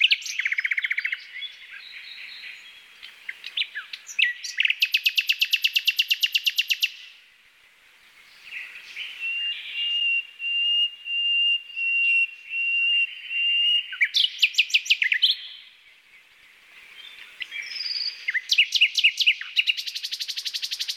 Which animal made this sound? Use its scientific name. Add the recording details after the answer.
Luscinia megarhynchos. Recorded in the wild. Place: NSG Taubergießen / Reg.-Präs. Freiburg im Breisgau, Baden-Württemberg, DE. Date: 1982-05-26. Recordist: Schwarz, Dieter. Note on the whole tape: Song